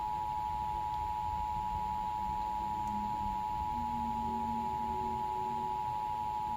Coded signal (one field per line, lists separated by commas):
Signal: Emergency Alert System (SAME) tones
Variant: 853 and 960 Hz attention tone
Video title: NOAA EAS Alert #9/ TV EAS Alert #6: Flash Flood Warning (FFW) San Bernardino County, CA (WXM66)